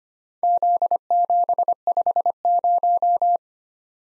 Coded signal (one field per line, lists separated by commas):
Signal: Morse code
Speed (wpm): 25 wpm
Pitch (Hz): 700 Hz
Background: none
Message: Z750